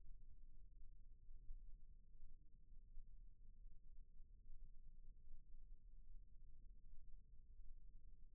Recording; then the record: forearm muscle sounds (acoustic myography)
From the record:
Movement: rest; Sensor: system 1, eight BSWA MPA416 microphones around the upper forearm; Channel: 6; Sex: male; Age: 23 years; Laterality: right